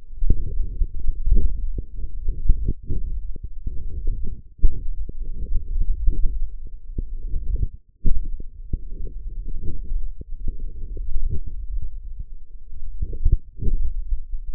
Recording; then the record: forearm muscle sounds (acoustic myography)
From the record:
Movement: hook grip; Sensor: system 1, eight BSWA MPA416 microphones around the upper forearm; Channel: 6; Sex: male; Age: 18 years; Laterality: right